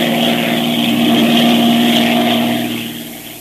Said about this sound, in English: Who tampered with the airplane's undercarriage? Will our friends crash when the pilot tries to land his crippled plane?